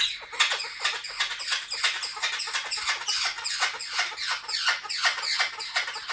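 Blue-headed parrot squawks, harsh grating notes that slide downward, given in a rapid irregular series without pause.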